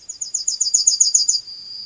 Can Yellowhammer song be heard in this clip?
yes